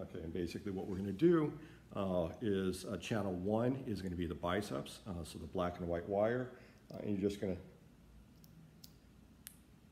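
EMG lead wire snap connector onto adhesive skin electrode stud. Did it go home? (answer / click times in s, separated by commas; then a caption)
yes / 8.8 s, 9.5 s. Someone talks for about eight seconds, then a black and white EMG lead wire for the biceps channel is snapped onto the metal stud of an adhesive skin electrode. Two sharp snaps land at 8.8 s and 9.5 s, the second louder, confirming the lead has seated on the electrode.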